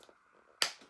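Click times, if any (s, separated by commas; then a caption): 0.6 s. The plastic lid of a small diamond-painting storage tray is snapped open by hand. A single sharp, bright click sounds at 0.6 s and decays quickly, with a few faint soft ticks before and after. The lid is released and opens.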